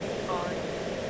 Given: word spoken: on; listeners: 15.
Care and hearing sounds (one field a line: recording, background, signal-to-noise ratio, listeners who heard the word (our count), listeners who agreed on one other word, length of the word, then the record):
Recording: one English word in noise, from a listening test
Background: speech-shaped noise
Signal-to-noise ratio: -4.5 dB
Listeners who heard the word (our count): 0 of 15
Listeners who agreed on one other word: 7 of 15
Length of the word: 0.70 s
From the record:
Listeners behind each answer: 7, 3, 2, 1, 1, 1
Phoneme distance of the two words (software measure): 21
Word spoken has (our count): 1 syllable, 2 phonemes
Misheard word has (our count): 2 syllables, 5 phonemes, stress on syllable 1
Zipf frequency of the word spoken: 6.89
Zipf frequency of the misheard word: 4.64